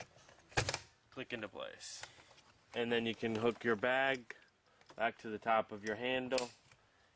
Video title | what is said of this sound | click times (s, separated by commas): How To Replace The Suction Fan On A Kirby Generation Vacuum Cleaner - Part 2 | right into the handle bail until you hear it click into | 0.7 s